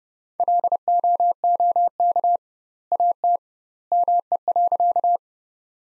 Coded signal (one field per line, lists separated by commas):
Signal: Morse code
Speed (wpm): 30 wpm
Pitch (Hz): 700 Hz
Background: none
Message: LOOK AT ME.